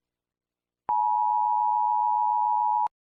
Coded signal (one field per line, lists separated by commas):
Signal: Emergency Alert System (SAME) tones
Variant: 853 and 960 Hz attention tone